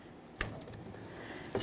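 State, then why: Seated. A plastic wiring harness connector is pressed onto the new rear directional bulb socket of a 1998-2011 Ford Ranger taillight, and it gives a sharp little click at 0.4 s as it seats. A softer second tick follows at about 1.6 s, and the connector is tugged to confirm it is secured.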